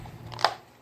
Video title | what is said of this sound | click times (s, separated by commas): Oil & Filter Change 2011 S63 AMG (part 1) | it snaps, and you'll hear a click. | 0.5 s